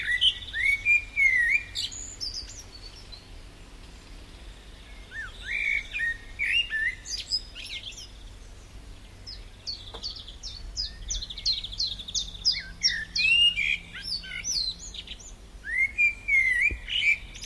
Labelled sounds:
Common Blackbird (Turdus merula) song

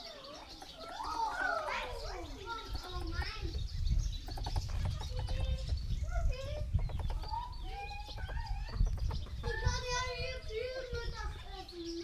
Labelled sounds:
Beech Marten (Martes foina) call

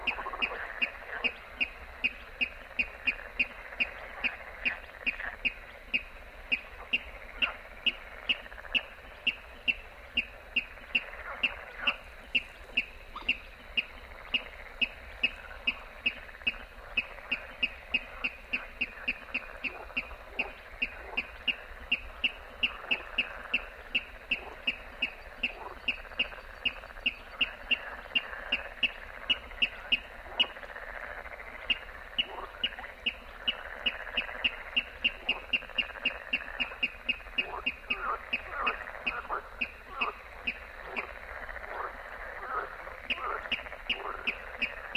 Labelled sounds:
Water Rail (Rallus aquaticus)

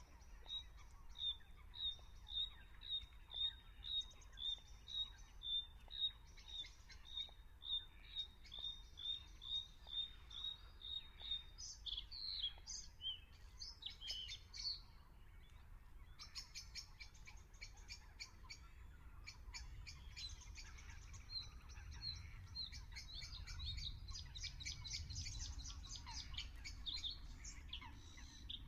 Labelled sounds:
Bluethroat (Luscinia svecica) song

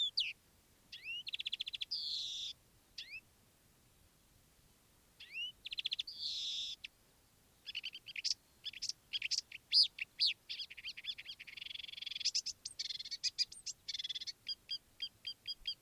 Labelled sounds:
Marsh Warbler (Acrocephalus palustris)

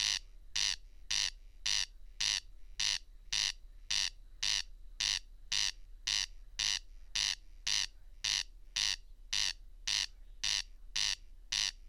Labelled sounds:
Corn Crake (Crex crex) song

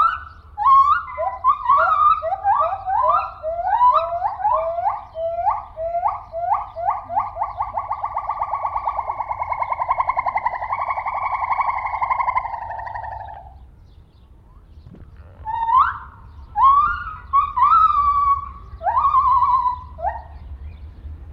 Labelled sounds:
Lar Gibbon (Hylobates lar)

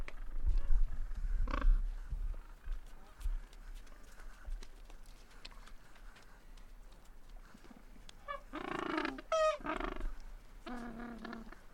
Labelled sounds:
Gentoo Penguin (Pygoscelis papua) call

